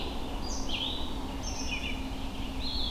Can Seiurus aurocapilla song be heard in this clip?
no